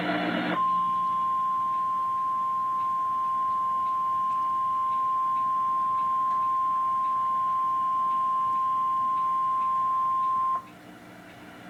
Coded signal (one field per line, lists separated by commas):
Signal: Emergency Alert System (SAME) tones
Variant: 1050 Hz attention tone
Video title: Severe Thunderstorm Warning (EAS #33)